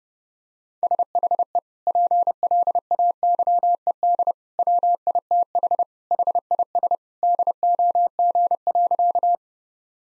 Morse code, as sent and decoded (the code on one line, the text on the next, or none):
... .... . / .--. .-.. .- -.-- . -.. / .-- .. - .... / .... .. ... / -.. --- --. .-.-.-
SHE PLAYED WITH HIS DOG.